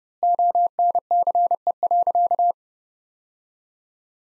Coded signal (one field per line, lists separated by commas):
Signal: Morse code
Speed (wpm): 30 wpm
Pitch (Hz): 700 Hz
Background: none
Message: ONCE.